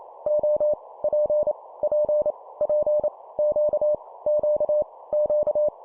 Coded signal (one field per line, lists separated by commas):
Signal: Morse code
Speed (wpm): 28 wpm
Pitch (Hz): 600 Hz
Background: none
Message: O P P P Q Q Q